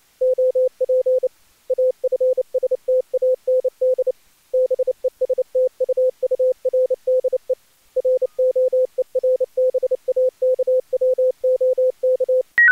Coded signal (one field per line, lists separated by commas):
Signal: Morse code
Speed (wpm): 29 wpm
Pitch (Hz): 510 Hz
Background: none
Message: OP AFSTAND BESTUURDE ROERBAKWOK